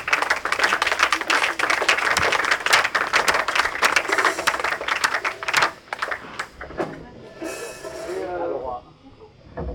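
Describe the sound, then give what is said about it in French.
A concert audience applauds two musicians invited on to play percussion and double bass, in a dense, steady wash of clapping for about five seconds, then it thins into scattered claps as a voice briefly rises near the end. “et pour la peine, je vous demande de les applaudir parce qu'ils sont super beaux.”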